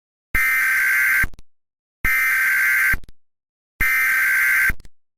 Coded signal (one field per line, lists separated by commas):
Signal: Emergency Alert System (SAME) tones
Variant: header bursts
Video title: Eas simulacion - sin sentido